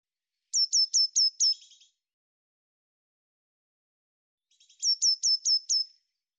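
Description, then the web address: Eurasian blue tit calling: two bursts of four or five high, thin, sharply descending notes, with a soft buzzy churr at the end of the first burst and the start of the second. "Deverinetal"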